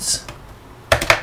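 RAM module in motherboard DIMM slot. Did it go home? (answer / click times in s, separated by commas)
released / 0.9 s, 1.0 s, 1.1 s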